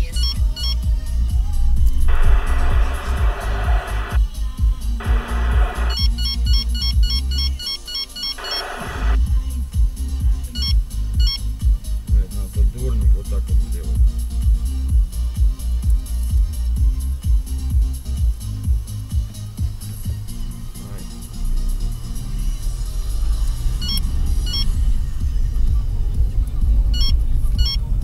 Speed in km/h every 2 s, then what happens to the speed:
3, 3, 0, 0, 0, 0, 0, 0, 0, 0, 0, 8, 17, 21.
3-21 standing. 21-28 pulls away to 21.